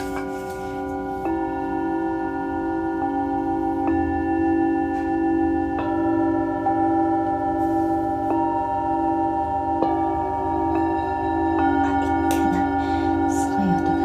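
Singing bowls ring in layered, sustained tones, with new strikes arriving every couple of seconds, around 1, 4, 6, 8, 10 and 12 seconds. A steady low hum sits beneath the long ringing overtones, and the overall level stays even throughout.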